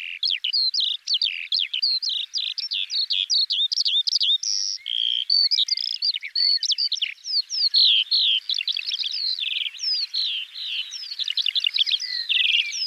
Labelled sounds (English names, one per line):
Eurasian Skylark song